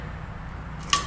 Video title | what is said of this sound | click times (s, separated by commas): Sliding Forks | lock down and lock on to hold the tube in place | 0.9 s